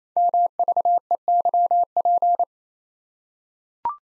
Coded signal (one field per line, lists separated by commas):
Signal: Morse code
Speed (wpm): 27 wpm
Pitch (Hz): 700 Hz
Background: none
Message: MVEYP